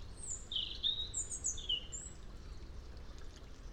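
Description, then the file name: European robin singing a short run of high, clear, drawn-out whistles in the first two seconds, then quiet, with a soft rushing sound behind. "Erithacus rubecula"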